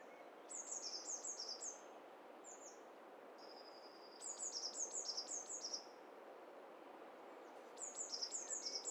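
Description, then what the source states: Birds calling together: quick runs of very high, descending chirps come in bursts, with a thin, steady whistled tone between them over a faint hiss. Mixture of several birds recorded together, made in hi-fi stereo.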